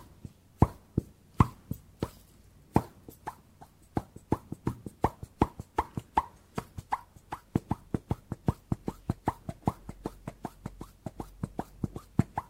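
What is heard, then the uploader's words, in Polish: Hand sounds: a steady stream of sharp, hollow clapping and tapping hits, several per second, varying in loudness over a quiet background. ASMR DŹWIĘKI DŁONI 40 MINUT! 50+ DŹWIĘKÓW.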